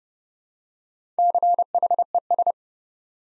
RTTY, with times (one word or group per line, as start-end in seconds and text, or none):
none